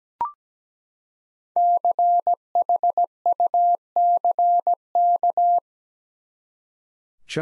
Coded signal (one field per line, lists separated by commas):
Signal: Morse code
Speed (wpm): 17 wpm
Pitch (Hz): 700 Hz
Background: none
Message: CHUCK